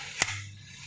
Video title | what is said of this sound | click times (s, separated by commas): AIR NAILER ETONA T64 concrete nailer - UNBOXING - Review - Mesin paku tembak | Oke, sudah terkunci. | 0.2 s